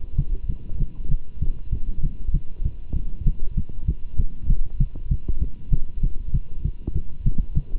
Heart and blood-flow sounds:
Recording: heart sounds by stethoscope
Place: between the tricuspid and mitral areas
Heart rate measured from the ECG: 195 bpm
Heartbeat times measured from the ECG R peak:
0.17 s: heartbeat
0.48 s: heartbeat
0.79 s: heartbeat
1.09 s: heartbeat
1.40 s: heartbeat
1.71 s: heartbeat
2.02 s: heartbeat
2.33 s: heartbeat
2.64 s: heartbeat
2.95 s: heartbeat
3.25 s: heartbeat
3.56 s: heartbeat
3.87 s: heartbeat
4.18 s: heartbeat
4.48 s: heartbeat
4.79 s: heartbeat
5.10 s: heartbeat
5.40 s: heartbeat
5.71 s: heartbeat
6.02 s: heartbeat
6.33 s: heartbeat
6.63 s: heartbeat
6.94 s: heartbeat
7.25 s: heartbeat
7.55 s: heartbeat
From the record:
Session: Bruce protocol treadmill stress test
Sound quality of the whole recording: good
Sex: male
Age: 24 years

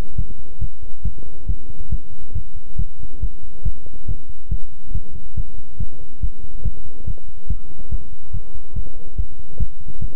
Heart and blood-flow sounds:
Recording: heart sounds by stethoscope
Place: between the tricuspid and mitral areas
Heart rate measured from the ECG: 140 bpm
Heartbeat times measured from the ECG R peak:
0.16 s: heartbeat
0.59 s: heartbeat
1.03 s: heartbeat
1.47 s: heartbeat
1.90 s: heartbeat
2.33 s: heartbeat
2.77 s: heartbeat
3.20 s: heartbeat
3.63 s: heartbeat
4.06 s: heartbeat
4.49 s: heartbeat
4.92 s: heartbeat
5.35 s: heartbeat
5.78 s: heartbeat
6.21 s: heartbeat
6.63 s: heartbeat
7.05 s: heartbeat
7.48 s: heartbeat
7.90 s: heartbeat
8.31 s: heartbeat
8.74 s: heartbeat
9.16 s: heartbeat
9.58 s: heartbeat
9.99 s: heartbeat
From the record:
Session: pedaling a stationary bicycle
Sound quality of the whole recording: good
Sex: male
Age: 24 years

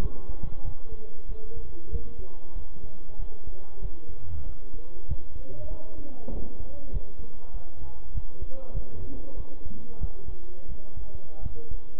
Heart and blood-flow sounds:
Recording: heart sounds by stethoscope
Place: between the tricuspid and mitral areas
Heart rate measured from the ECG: 95 bpm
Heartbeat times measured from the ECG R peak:
0.02 s: heartbeat
0.65 s: heartbeat
1.29 s: heartbeat
1.92 s: heartbeat
2.56 s: heartbeat
3.19 s: heartbeat
3.82 s: heartbeat
4.46 s: heartbeat
5.09 s: heartbeat
5.70 s: heartbeat
6.32 s: heartbeat
6.93 s: heartbeat
7.54 s: heartbeat
8.15 s: heartbeat
8.75 s: heartbeat
9.37 s: heartbeat
10.01 s: heartbeat
10.69 s: heartbeat
11.43 s: heartbeat
From the record:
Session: bicycle stress test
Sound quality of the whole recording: good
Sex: male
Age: 23 years

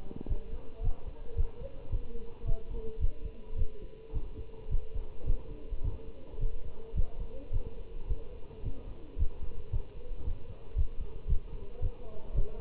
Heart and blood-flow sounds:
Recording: heart sounds by stethoscope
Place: between the tricuspid and mitral areas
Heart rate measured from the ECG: 109 bpm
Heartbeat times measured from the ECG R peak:
0.29 s: heartbeat
0.84 s: heartbeat
1.37 s: heartbeat
1.92 s: heartbeat
2.47 s: heartbeat
3.01 s: heartbeat
3.58 s: heartbeat
4.14 s: heartbeat
4.71 s: heartbeat
5.27 s: heartbeat
5.84 s: heartbeat
6.41 s: heartbeat
6.96 s: heartbeat
7.53 s: heartbeat
8.09 s: heartbeat
8.65 s: heartbeat
9.19 s: heartbeat
9.73 s: heartbeat
10.26 s: heartbeat
10.77 s: heartbeat
11.29 s: heartbeat
11.82 s: heartbeat
12.36 s: heartbeat
From the record:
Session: Bruce protocol treadmill stress test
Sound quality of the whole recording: good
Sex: male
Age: 25 years

